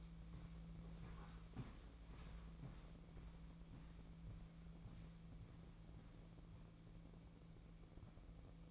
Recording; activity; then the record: daily activity, microphone in the room; walk to room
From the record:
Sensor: 1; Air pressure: 1012.3 hPa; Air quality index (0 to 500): 197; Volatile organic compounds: 4 ppm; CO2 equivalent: 1586 ppm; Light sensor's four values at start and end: 83/197/83/88 and 83/198/83/89